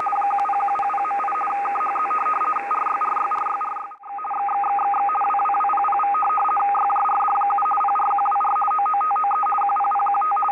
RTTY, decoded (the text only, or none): 10100.8 KHZ RYRYRYRY XXXXX WWWPPV YJRD7 PRQWR OOTOE QPPQT